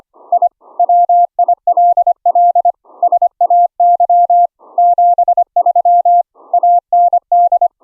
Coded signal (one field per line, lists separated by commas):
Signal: Morse code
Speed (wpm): 25 wpm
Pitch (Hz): 700 Hz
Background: none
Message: I WILL SAY 73 AND